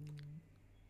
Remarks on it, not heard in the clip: Another rumble from my tummy. I'm feeling pretty freaking hungry. I have to eat a lot more in order to maintain my weight when you're going sort of plant-based.